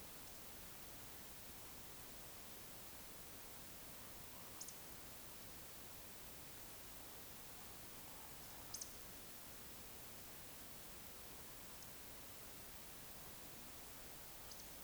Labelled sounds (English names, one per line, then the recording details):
Eurasian Woodcock whistle
Eurasian Woodcock croak
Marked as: whistle, croak, whistle, croak, whistle, whistle, whistle
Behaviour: display flight
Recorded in Baden-Württemberg, Germany, on 20 May 2021 at 19:55 UTC
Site 24606, 635 m above sea level